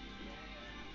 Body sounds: background sound without coughing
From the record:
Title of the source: BackgroundMusic

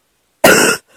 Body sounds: coughing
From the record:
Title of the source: 30 Chesty and wet cough

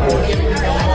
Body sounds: background sound without coughing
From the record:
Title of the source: Nightlife Party Simulating Party Club Noise 1 Hour

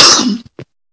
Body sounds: coughing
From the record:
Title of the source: November cold (wet coughing)

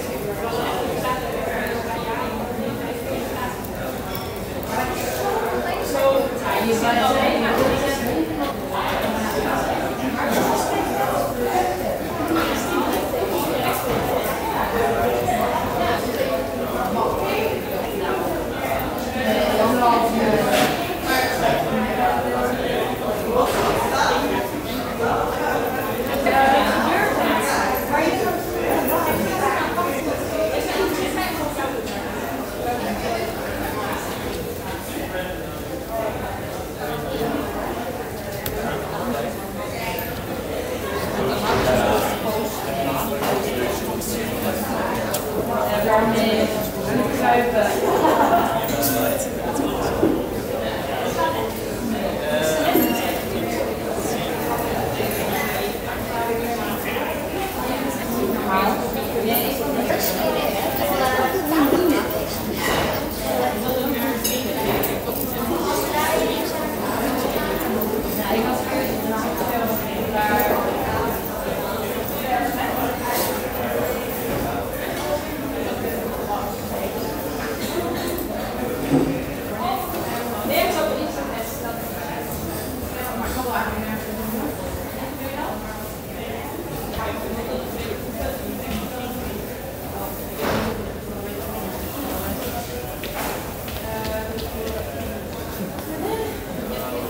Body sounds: background sound without coughing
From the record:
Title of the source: 40 min - Ambience sounds UNIVERSITY lunchroom chatting

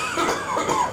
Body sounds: coughing mixed with background sound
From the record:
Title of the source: Spring Cold Coughing 2

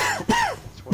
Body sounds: coughing mixed with background sound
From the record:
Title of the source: Dry Coughing Fit in the Afternoon.

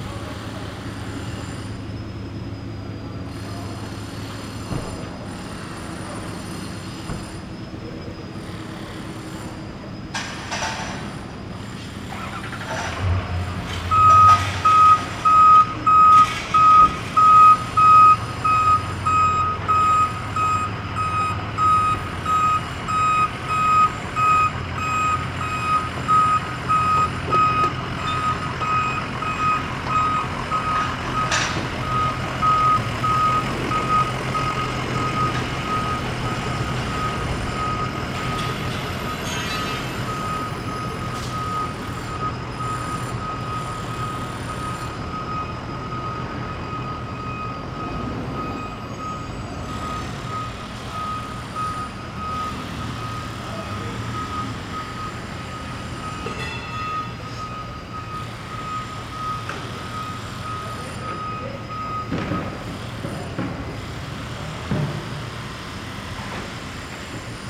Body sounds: background sound without coughing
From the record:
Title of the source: 30 MINUTES Construction Site Ambience (CC BY 4.0)

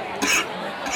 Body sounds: coughing mixed with background sound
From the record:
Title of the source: 64 coughing, allergies, singing lungs

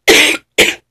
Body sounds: coughing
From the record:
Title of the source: 61 morning phlegmy cough...again

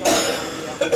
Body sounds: coughing mixed with background sound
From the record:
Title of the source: Cough Around the Clock!

